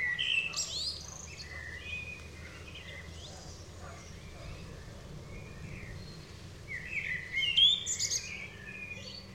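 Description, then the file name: Common blackbird with short warbled, whistled phrases at the start and a louder twittering burst near the end, quieter notes between, over steady low background noise. "Turdus merula"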